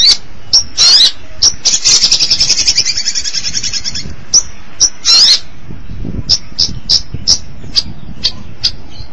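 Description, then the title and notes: Long-tailed Shrike calls: harsh rasping notes and a buzzy rattling trill lasting about two seconds, followed by short scratchy ticks. "Suara burung pentet"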